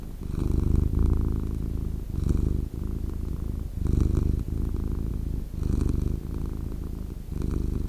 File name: cat purr